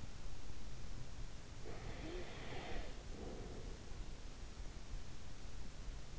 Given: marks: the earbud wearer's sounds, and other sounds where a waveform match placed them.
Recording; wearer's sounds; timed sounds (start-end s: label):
sounds in sleep by an in-ear microphone; breath
1.32-4.37 s: breath